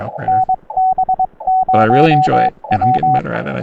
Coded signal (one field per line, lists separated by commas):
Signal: Morse code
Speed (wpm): 22 wpm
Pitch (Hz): 750 Hz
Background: speech, radio noise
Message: NB0W